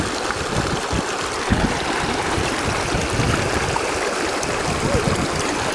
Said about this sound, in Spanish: El curso del agua es impresionante, el manantial que se observa en estos instantes acá en el manantial Silala. Va recorriendo hacia el sur.